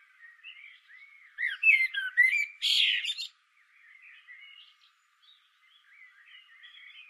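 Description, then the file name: Common blackbird sings a warbled phrase rising into a loud scratchy twitter, surrounded by softer, quieter warbling notes. "Turdus merula"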